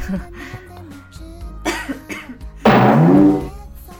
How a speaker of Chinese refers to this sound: 怎么咳嗽了？咱们俩怎么了？刚刚我咳嗽，现在你咳嗽。现在真的是这个风声鹤唳啊，稍微有一点咳嗽或者嗓子不舒服，都要怀疑自己是不是感染了。